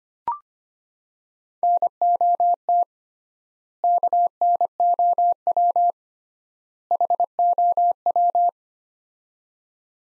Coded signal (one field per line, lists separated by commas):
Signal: Morse code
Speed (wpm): 25 wpm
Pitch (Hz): 700 Hz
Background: none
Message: NOT KNOW HOW